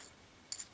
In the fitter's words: how they it it does lock into place pretty well and if you were to hold the the bit in place with your thumb